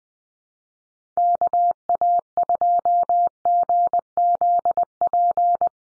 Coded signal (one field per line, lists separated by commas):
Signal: Morse code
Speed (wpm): 20 wpm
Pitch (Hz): 700 Hz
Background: none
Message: KA2GZP